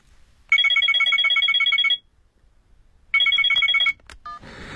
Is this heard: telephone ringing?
yes